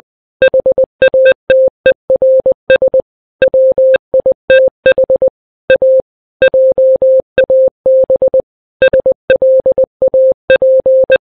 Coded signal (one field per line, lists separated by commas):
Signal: Morse code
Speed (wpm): 20 wpm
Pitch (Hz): 520 Hz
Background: none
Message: HATERS WITH A JAB SLAP